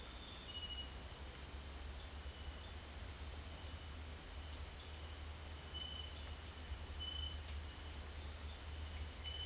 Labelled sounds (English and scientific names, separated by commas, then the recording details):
none
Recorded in secondary vegetation near Puerto Asís, Putumayo, Colombia, on 29 June 2025 at 17:30
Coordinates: 0.499, -76.323
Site G077